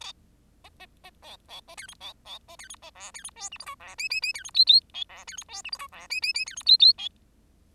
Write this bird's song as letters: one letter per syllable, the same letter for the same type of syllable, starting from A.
A A A B B A C D B B A C D A E C D F G H I E J J J C D K K L E C D F G H I E J J J C D K K L